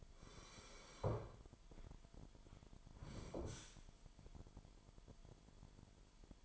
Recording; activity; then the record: daily activity, microphone in the room; sit down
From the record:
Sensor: 5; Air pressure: 998.6 hPa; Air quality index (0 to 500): 88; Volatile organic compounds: 2 ppm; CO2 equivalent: 1006 ppm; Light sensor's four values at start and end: 32/78/32/36 and 32/79/33/36